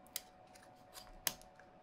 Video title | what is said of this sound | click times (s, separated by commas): SDG #152 High Power Quick 861X 1300W SMD Rework Station (like the 861DW) | and then once it's in it stays in a whole lot better the fitting has definitely sort of got a little click | 1.3 s